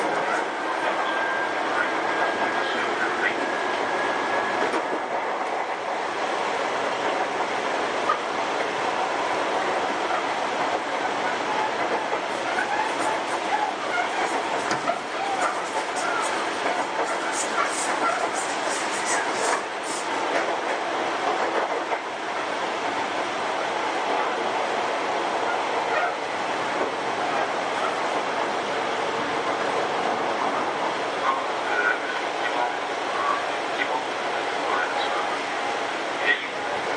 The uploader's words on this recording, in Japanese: 相鉄7000系 横浜ー大和。車体アルミ製20m長の車体。